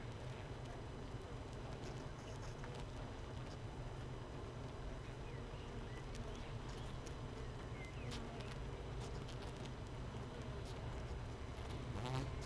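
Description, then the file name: Honey bee colony humming, a dense steady low drone with a few faint high ticks and chirps over the top. Hive 1 with no queen, recorded 31 May 2018, apparently at 15:30. "Hive 1 31 05 2018 NO Queen Bee H 1 audio 15 30 00"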